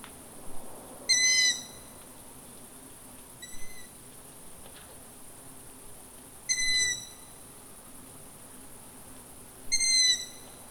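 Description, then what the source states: Long-eared owl repeating a thin, creaky squeal about every three seconds, one softer call among louder ones, against continuous high hiss. Recorded on 29 July 2018.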